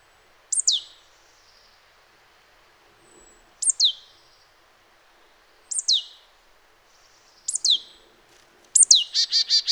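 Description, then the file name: Marsh tit calls: several sharp, high downslurred notes spaced a few seconds apart, ending with a quick series of buzzy, nasal notes. "Poecile palustris"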